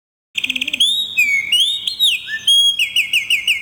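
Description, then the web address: Bird calls: a rapid stuttering burst of notes, then clear whistled slurs rising and falling, ending in a run of quick repeated downslurred whistles. "Pengusir-Hama-Burung-Otomatis. bird Recording 16"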